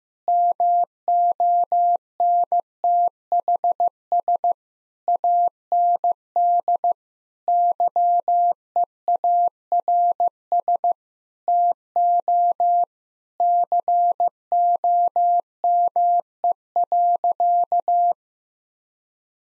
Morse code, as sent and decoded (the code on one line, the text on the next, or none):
-- --- -. - .... ... / .- -. -.. / -.-- . .- .-. ... / - --- / -.-. --- -- . .-.-.-
MONTHS AND YEARS TO COME.